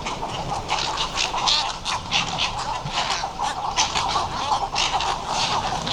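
Western cattle egrets giving a dense chorus of harsh, croaking calls, many birds overlapping continuously with rapid rasping notes throughout.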